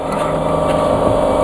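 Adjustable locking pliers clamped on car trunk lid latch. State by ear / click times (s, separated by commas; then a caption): not seated / none. Adjustable locking pliers are being handled on the latch area of a car trunk lid, set so the lid stays slightly raised close to the body. Only a steady, broadband background noise with a low hum is heard, with no sharp transients. Nothing has seated or clicked yet.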